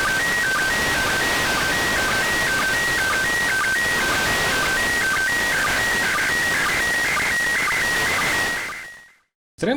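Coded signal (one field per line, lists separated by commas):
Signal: SSTV (slow-scan television)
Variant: PD120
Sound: warbling tone hopping between two pitches with short low blips twice a second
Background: radio static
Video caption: WARNING! Loud sound! [SSTV PD120 signal]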